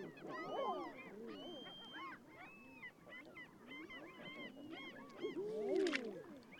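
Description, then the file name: Common eider crooning chorus, many overlapping rising-falling coos, with one loud wavering call near the end. "Edredone"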